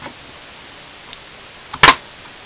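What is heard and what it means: A DDR3 memory module is pressed into a motherboard DIMM slot until both slot tabs snap into place. A faint tick comes at about 1.7 s, then a loud, sharp click at 1.8 s as the module seats fully home.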